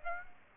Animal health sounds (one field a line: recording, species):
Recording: mosquito wingbeat signal from an infrared sensor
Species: Aedes aegypti